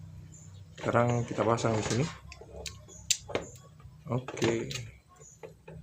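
An internal part is being handled during reassembly of a laptop charger, about to be pressed into the plastic housing. Someone talks while brief handling taps and knocks are heard. Nothing has seated or clicked yet.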